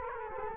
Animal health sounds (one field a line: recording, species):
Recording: mosquito wingbeat signal from an infrared sensor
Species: Culex quinquefasciatus